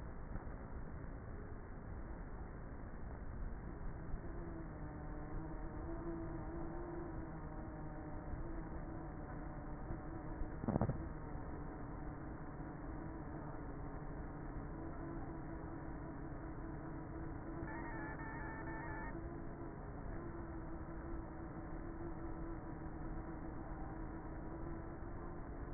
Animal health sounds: honeybee colony, microphone inside the hive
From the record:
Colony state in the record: queenless with a low population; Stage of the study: before two queens were removed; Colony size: about 30,000 bees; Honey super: no

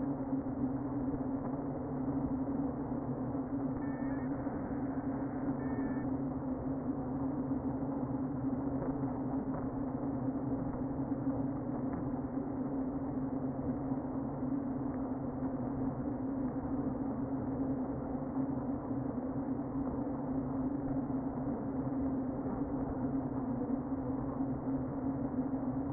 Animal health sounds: honeybee colony, microphone inside the hive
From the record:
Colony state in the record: queen present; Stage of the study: before two queens were removed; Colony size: about 60,000 bees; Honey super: yes

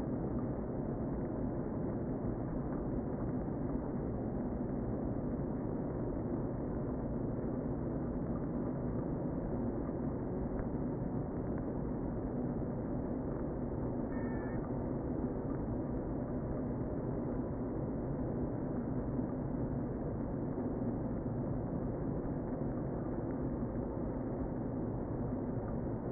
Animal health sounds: honeybee colony, microphone inside the hive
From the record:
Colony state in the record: queen present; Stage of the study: before two queens were removed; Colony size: about 60,000 bees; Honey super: yes

